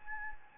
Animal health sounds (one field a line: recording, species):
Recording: mosquito wingbeat signal from an infrared sensor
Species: Anopheles gambiae